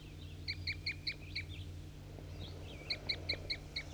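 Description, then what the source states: Crossbill calling a rapid series of sharp chips, a run of about five, a pause, then another run, over a low hum. Calls of individual bird 4-3 during crossbill trapping; the other flock birds, three females and a red male, seemed to be coming back in response to its calls.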